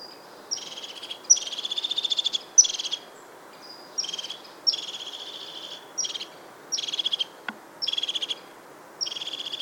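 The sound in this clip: Crested tit trilled calls: short, high, buzzy rattling bursts repeated every second or so, some starting with a sharp high note, over a steady low background hiss.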